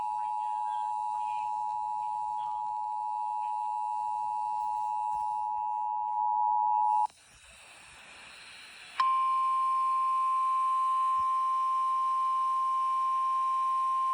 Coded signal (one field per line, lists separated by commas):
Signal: Emergency Alert System (SAME) tones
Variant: 853 and 960 Hz attention tone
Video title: (EAS 883-884) WERO & WRDU-FM Tornado Warning